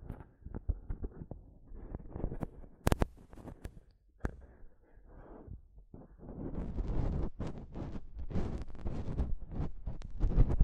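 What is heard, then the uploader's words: Microphone tapping and scratching, with dull low thumps and rubbing scrapes in irregular bursts. The first half is sparser, with a few sharp clicks near the three-second mark; after about six seconds the scratching turns denser, louder and brighter until the end. ASMR Mic Tapping and Scratching (No Talking).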